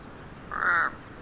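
Kaka giving a single harsh, nasal call lasting about a third of a second, steady in pitch with a grating, buzzy tone over quiet background hiss.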